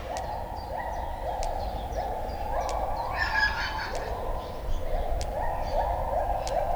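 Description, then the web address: White-handed gibbon calls: a run of repeated rising hooting notes, steady and rhythmic, with regular sharp ticking clicks and a faint wind hiss. Captive, zoo in Debrecen, 2012, recorded from the monkey house; wind and electric fence audible; made with a Marantz recorder. "allathangok debrecenizoo 2012. feherkezugibbon majomhazbol szello villanypasztor"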